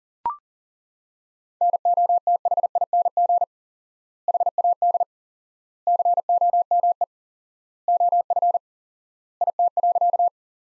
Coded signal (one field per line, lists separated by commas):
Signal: Morse code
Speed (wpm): 40 wpm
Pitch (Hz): 700 Hz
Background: none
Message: NOTHING HAD COME OF IT.